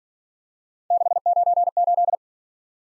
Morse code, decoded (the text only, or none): 698